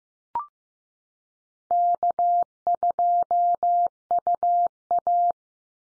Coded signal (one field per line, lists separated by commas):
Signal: Morse code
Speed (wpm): 14 wpm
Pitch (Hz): 700 Hz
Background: none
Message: K2UA